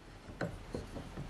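A magnet-held part is put back onto the wooden frame of a Spinolution King Bee spinning wheel during maintenance. It snaps into place with a sharp click at 0.4 s, followed by softer knocks and handling sounds. The snap shows the part is seated.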